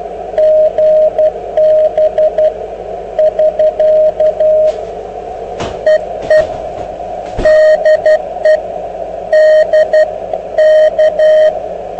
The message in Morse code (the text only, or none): GB <SK> EE DE DK